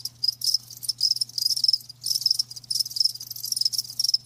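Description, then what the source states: Crickets chirping in rhythmic pulses, loud bursts coming several times a second with short gaps, over a low hum. Live crickets chirping, a lulling song.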